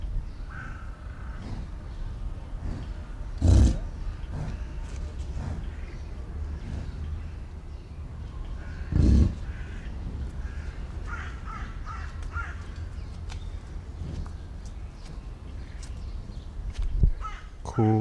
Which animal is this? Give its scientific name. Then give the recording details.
Bison bison. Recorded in captivity. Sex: female. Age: adult. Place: Zoo Berlin, Berlin, DE. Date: 1993-07-17 10:06. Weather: 20-22°C, heiter-wolkig. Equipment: Marantz CP 430, Sennheiser ME 80, Kopie Uher Variocord 263. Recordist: Tembrock, Günter. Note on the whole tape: 3 Laute von Junge führendem Weibchen; 10 m